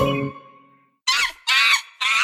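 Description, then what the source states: Monkey screeches: three harsh, loud, noisy bursts in quick succession, following a fading low tone. Played as a sound hint in a children's zoo-walk exercise where children are asked to guess the animal.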